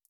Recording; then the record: hydrophone in a shrimp aquaculture tank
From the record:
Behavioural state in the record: feeding